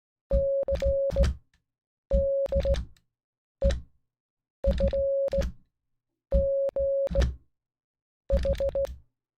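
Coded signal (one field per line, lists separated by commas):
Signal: Morse code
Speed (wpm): 16 wpm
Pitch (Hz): 550 Hz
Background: music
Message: CDEFGH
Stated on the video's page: Morse code practice of alphabet, words and numbers 1-10.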